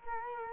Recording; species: mosquito wingbeat signal from an infrared sensor; Culex quinquefasciatus